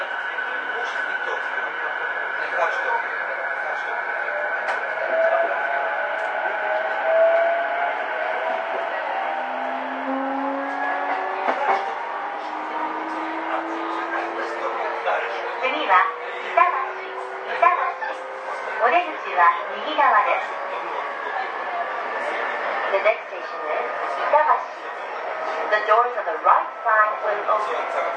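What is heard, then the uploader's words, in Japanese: A Saikyo Line train runs with a steady hum and slowly rising motor whine, joined after fifteen seconds by frequent rhythmic clacks. JRE233系 武蔵浦和〜新宿。埼京線の走行音です。ICレコーダーで録音しました。編成は10両編成。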